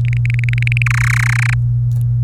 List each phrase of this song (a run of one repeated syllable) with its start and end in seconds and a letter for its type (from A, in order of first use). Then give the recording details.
0.05-0.82 A, 0.86-1.54 B. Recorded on 24 April 2018 at 17:08. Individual llb3